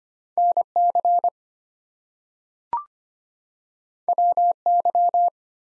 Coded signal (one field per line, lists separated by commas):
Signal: Morse code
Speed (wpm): 25 wpm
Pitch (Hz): 700 Hz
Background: none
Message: NC WY